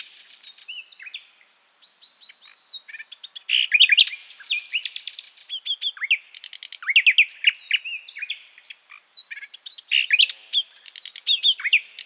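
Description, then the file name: Common nightingale singing a rich, varied song of rapid repeated notes, sharp whistles and fast trills, phrases following one another with brief pauses. "Luscinia megarhynchos"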